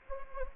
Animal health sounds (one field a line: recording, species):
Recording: mosquito wingbeat signal from an infrared sensor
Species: Anopheles gambiae